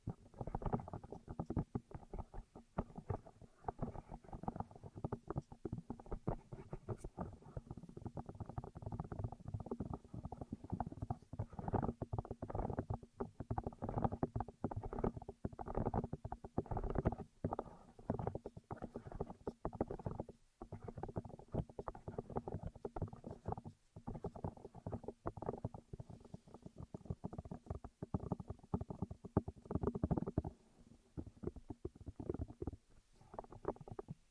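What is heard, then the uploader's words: Intense ear triggers with no talking: a dense, crackling stream of rapid tapping and rustling that barely lets up, weighted toward low and middle tones with a faint steady hum underneath. Short silent breaks fall around 20 and 24 seconds. Intense Ear Triggers (No Talking).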